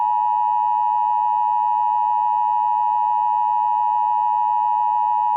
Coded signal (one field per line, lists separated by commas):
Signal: Emergency Alert System (SAME) tones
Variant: 853 and 960 Hz attention tone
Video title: Zom-V-A20: An EAS mock scenario